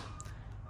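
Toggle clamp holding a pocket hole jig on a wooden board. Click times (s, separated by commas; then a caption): 0.2 s. A toggle clamp holding a Massca Twin pocket hole jig, set to the inch-and-a-half setting, on a wooden 2x4 is tightened and locked down. A short, sharp click is heard at 0.2 s over a steady low background hum. The clamp and jig are then locked in place and ready to go.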